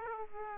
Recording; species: mosquito wingbeat signal from an infrared sensor; Aedes aegypti